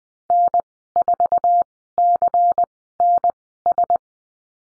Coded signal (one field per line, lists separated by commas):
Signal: Morse code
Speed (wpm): 19 wpm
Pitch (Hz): 700 Hz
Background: none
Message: N4CNS